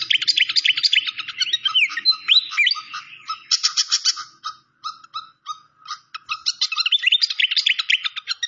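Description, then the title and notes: Malaysian pied fantail song: rapid chirps and slurred squeaky whistles in bursts separated by short pauses, lively throughout. Clear-voiced song used for training cage birds, mixed with the sound of flowing water. "Masteran Sikatan Kipas Suara Jernih Dan Suara Gemericik Air. Suara Burung Sikatan Londo"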